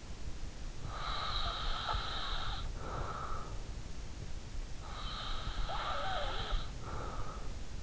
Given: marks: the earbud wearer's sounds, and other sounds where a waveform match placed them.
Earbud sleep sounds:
sounds in sleep by an in-ear microphone; breath
0.69-3.72 s: breath
4.92-7.83 s: breath

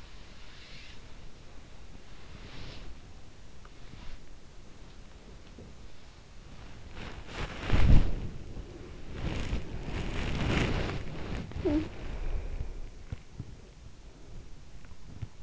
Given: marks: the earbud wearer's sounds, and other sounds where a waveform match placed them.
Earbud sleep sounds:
sounds in sleep by an in-ear microphone; body movement
0.00-15.43 s: body movement
11.53-12.11 s: sound from someone else or the room

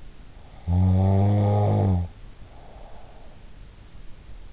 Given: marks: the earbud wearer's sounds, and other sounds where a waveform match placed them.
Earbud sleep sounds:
sounds in sleep by an in-ear microphone; snoring breath
0.38-3.82 s: snoring breath

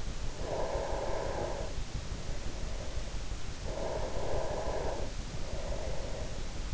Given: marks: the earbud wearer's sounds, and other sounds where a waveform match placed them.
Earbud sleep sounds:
sounds in sleep by an in-ear microphone; breath
0.37-3.44 s: breath
3.67-6.74 s: breath

